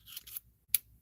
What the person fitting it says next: it snaps right in.